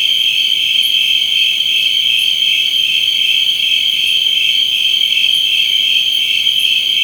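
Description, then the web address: Crickets: a dense, unbroken high-pitched shrill trill that stays steady throughout, with fainter higher buzzing layers above it and occasional brief louder chirps. Crickets in jungle. "Spectrasonics - Heart of Africa. CRICKETS"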